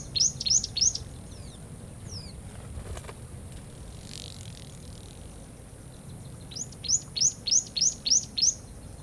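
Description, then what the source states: Bird gives a short run of high chirps, a pause with faint other sounds, then a longer series of sharp notes over low rumbling. Daytime river scene in a jungle or rainforest atmosphere.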